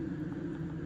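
A black-and-green-stripe ground wire terminal is handled at a pin position of a plastic wiring harness connector for a 1994–96 Ford F150/F250/F350 factory radio being wired into a 1992–93 truck. Only a steady, low, engine-like rumble with a constant hum is heard, with no sharp transients. Nothing has seated or clicked yet.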